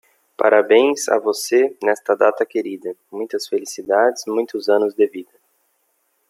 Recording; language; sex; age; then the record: short text; Brazilian Portuguese; male; 20 to 29 years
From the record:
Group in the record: control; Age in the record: 25 years